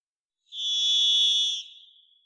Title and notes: Varied Thrush, clean. Varied Thrush, Ixoreus naevius, song. Recorded in the beautiful Pacific Northwest, Washington, United States